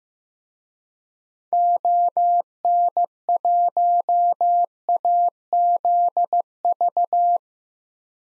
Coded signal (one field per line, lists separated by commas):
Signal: Morse code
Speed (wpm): 15 wpm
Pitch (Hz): 700 Hz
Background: none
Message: ON1AZV